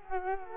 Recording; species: mosquito wingbeat signal from an infrared sensor; Culex quinquefasciatus